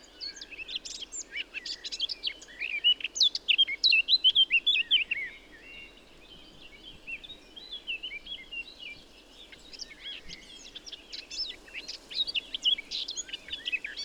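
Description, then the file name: Eurasian blackcap warbling song in two bursts, a fast scratchy chatter with some clear fluty notes, separated by a few seconds of quiet background hiss. "Sylvia atricapilla"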